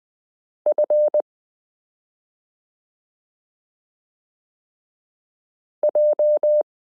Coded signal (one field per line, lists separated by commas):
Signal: Morse code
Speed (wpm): 20 wpm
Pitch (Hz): 600 Hz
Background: none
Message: F J